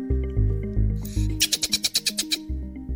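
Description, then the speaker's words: Black-footed Ferret kit calling: low buzzy hums, then a quick run of several sharp chattering clicks, followed by more low hums. Black-footed ferret kit (baby); played from a zoo's posted video. "That is the sound of a black-footed ferret kit or baby."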